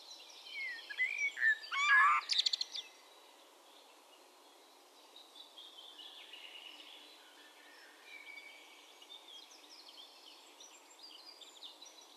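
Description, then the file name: Eurasian blackbird gives a short burst of loud, varied notes early on, followed by quieter, fainter notes over a steady hiss. "Turdus merula"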